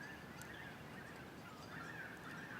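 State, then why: Not seated. Two keyed wiring plugs from an Eplus Advanced Unlock tuning chip are being handled before being pushed into the motor sockets of a Trek Powerfly 4 e-bike, one after the other, to derestrict it. Only steady broadband noise is heard, with a wavering band around 1.5–2 kHz and no sharp transients. Nothing has seated or clicked yet.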